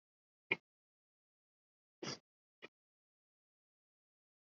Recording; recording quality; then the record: shallow breathing; excellent, no background noise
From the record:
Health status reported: respiratory illness, not identified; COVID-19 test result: negative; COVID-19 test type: RT-PCR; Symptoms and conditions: cough, fever, fatigue, muscle pain, asthma, ischaemic heart disease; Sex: male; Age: 35 years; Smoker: no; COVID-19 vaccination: both doses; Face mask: worn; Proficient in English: yes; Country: India